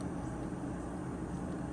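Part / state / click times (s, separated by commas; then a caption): removable cosmetic dental appliance onto patient's natural upper teeth / not seated / none. A removable cosmetic dental appliance made of thin resin is being handled and tried onto a patient's natural upper teeth, with a steady low hum and broadband background noise throughout. Nothing has seated or clicked yet.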